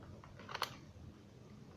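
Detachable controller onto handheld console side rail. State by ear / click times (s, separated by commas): seated / 0.6 s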